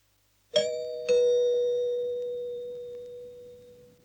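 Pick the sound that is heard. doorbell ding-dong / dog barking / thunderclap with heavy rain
doorbell ding-dong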